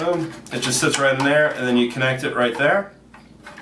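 A battery lead connector is handled as it is brought to the power connector of a Udirc Venom 2.4GHz high-speed orange remote-control electric boat while someone talks. A few faint, short handling ticks follow near the end of the clip, but nothing has seated or clicked yet.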